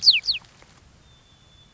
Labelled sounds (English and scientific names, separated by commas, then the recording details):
White-crowned Sparrow (Zonotrichia leucophrys)
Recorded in Sonoma County, California